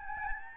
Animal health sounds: mosquito wingbeat signal from an infrared sensor; Aedes albopictus

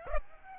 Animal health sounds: mosquito wingbeat signal from an infrared sensor; Aedes albopictus

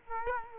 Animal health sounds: mosquito wingbeat signal from an infrared sensor; Culex quinquefasciatus

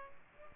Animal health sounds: mosquito wingbeat signal from an infrared sensor; Aedes aegypti

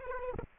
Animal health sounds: mosquito wingbeat signal from an infrared sensor; Aedes aegypti

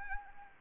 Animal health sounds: mosquito wingbeat signal from an infrared sensor; Anopheles arabiensis

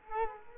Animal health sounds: mosquito wingbeat signal from an infrared sensor; Culex quinquefasciatus

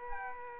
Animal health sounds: mosquito wingbeat signal from an infrared sensor; Culex quinquefasciatus

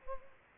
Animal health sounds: mosquito wingbeat signal from an infrared sensor; Culex pipiens

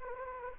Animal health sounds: mosquito wingbeat signal from an infrared sensor; Anopheles gambiae

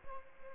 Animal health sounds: mosquito wingbeat signal from an infrared sensor; Aedes albopictus

